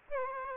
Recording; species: mosquito wingbeat signal from an infrared sensor; Aedes aegypti